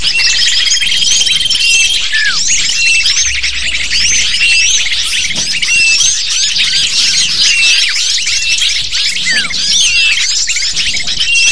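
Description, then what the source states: Shrill lovebird chatter from many birds, rapid overlapping squeaks and chirps with a thin sustained whistle early on. Lure call to attract lovebirds.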